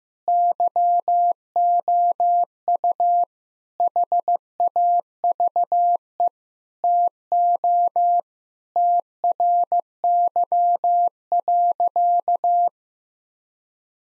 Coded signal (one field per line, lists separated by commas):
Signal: Morse code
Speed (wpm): 16 wpm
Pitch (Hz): 700 Hz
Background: none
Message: YOU HAVE TO TRY.